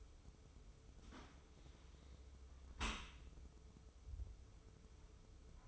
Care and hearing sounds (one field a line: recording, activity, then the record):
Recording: daily activity, microphone in the room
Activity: close dishwasher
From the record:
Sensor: 1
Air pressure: 995.8 hPa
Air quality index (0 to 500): 57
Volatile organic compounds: 2 ppm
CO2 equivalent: 1110 ppm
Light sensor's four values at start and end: 32/110/42/44 and 32/110/42/44